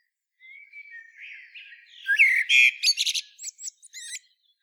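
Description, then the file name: Common blackbird singing a soft whistled warble that swells into loud scratchy twitters and a few high squeaky closing notes. "Turdus merula"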